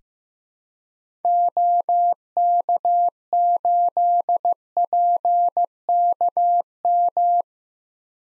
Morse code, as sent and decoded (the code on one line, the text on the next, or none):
--- -.- ---.. .--. -.- --
OK8PKM